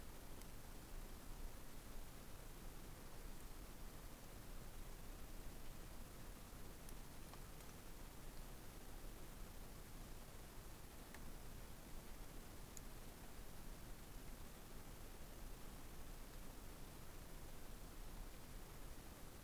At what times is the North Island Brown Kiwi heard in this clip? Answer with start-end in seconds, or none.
none